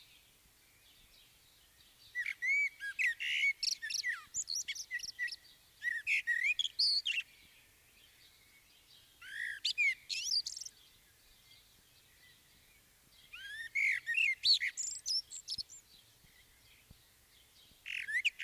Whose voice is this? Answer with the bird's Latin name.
Turdus merula